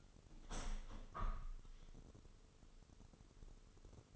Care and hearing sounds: daily activity, microphone in the room; open window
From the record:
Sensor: 4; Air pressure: 996.5 hPa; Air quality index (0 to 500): 86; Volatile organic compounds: 4 ppm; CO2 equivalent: 1663 ppm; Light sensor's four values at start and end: 19/53/20/22 and 19/53/20/22

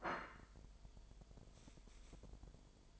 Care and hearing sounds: daily activity, microphone in the room; place plate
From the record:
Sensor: 5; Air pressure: 1002.1 hPa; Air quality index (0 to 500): 225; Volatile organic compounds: 29 ppm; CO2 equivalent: 2927 ppm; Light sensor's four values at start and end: 10/24/10/11 and 10/24/10/11

